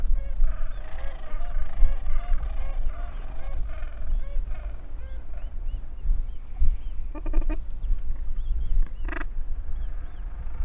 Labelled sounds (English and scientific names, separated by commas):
Gentoo Penguin (Pygoscelis papua) call